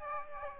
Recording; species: mosquito wingbeat signal from an infrared sensor; Aedes aegypti